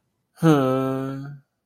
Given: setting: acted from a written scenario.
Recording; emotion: vocal sound without words; guilt